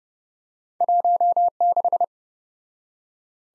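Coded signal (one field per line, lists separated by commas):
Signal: Morse code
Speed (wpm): 29 wpm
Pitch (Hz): 700 Hz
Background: none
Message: 16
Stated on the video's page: Morse practice drill of two letter-number combinations, starting fast and slowing to a 20 wpm base, with a final repeat at maximum speed.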